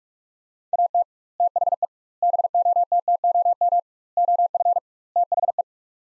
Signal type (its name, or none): Morse code